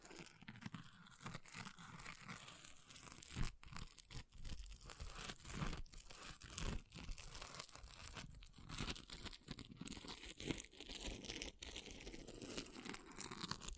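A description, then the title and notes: An object scratches continuously in dense, rough strokes with a crinkly, tearing texture, punctuated by brief sharper scrapes every second or two. ASMR Brain Melting Object Scratching (No Talking).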